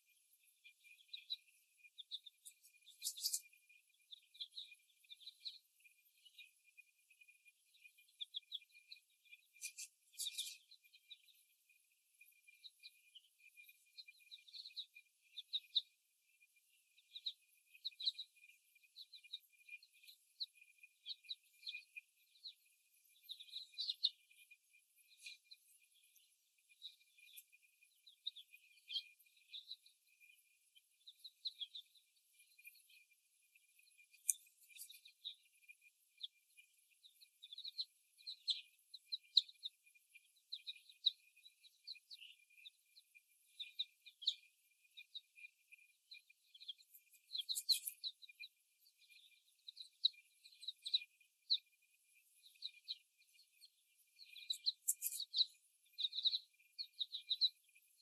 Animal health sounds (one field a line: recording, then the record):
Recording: young laying hens in a cage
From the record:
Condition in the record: after the stressor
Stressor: simulated dog barking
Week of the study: 1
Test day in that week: 1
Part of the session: 4